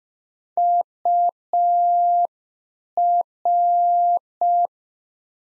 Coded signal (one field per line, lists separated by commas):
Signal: Morse code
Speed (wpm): 5 wpm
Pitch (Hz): 700 Hz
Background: none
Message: UR